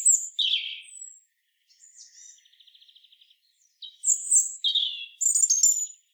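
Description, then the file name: European robin song of high, thin, varied phrases: sweet descending whistles and warbles, a short buzzy trill around midway, then bright tumbling phrases that resume after a pause. "Erithacus rubecula"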